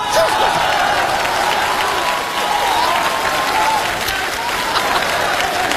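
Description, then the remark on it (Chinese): Sustained audience applause, a dense, steady wash of many hands clapping at an even loudness throughout, with a faint voice briefly audible beneath it, during the comedy sketch Bus Concerto performed by Feng Gong, Yan Xuejing, Wang Baoqiang and Pan Binlong. “哎呀，您瞧我这人缘混的，我都赶不上车了，这哥几个还鼓掌呢。”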